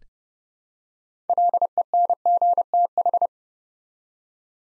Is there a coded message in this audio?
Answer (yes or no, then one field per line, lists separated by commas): yes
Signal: Morse code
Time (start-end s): 1.3-3.3 s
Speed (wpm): 30 wpm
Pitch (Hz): 700 Hz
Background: none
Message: LENGTH